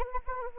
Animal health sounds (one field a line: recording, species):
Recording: mosquito wingbeat signal from an infrared sensor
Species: Anopheles arabiensis